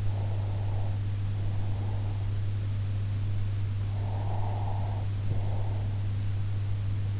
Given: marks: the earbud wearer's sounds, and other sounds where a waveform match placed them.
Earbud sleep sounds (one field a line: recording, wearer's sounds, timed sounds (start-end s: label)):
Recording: sounds in sleep by an in-ear microphone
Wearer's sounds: breath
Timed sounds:
0.00-2.31 s: breath
3.85-5.99 s: breath